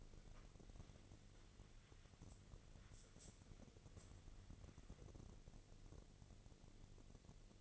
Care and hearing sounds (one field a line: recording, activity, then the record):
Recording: daily activity, microphone in the room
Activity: wipe stove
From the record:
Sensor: 4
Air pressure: 1001.3 hPa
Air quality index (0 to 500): 186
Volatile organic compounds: 3 ppm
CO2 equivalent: 1332 ppm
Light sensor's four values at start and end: 13/29/12/12 and 13/29/12/12